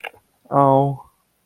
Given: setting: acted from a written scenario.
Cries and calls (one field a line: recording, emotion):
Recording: vocal sound without words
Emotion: adoration